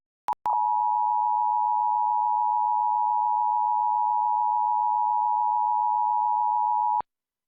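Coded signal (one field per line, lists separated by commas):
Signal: Emergency Alert System (SAME) tones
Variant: 853 and 960 Hz attention tone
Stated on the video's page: EAS alerts received off-air via a television antenna during severe weather coverage.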